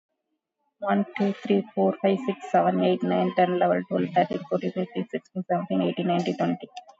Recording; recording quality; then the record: counting at a normal pace; excellent, no background noise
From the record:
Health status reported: exposed to COVID-19, no respiratory illness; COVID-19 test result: negative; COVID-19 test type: RT-PCR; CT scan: taken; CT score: 8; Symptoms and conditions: cough, cold, breathing difficulty, sore throat, fatigue, loss of smell and taste, diarrhoea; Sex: female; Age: 38 years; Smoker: no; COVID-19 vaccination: none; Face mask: worn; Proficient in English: yes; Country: India